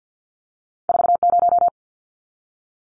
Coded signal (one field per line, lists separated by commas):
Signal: Morse code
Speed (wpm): 50 wpm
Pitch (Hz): 700 Hz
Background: none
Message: 40